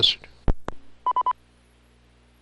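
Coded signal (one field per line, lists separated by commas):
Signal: none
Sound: repeater courtesy tone beeps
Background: speech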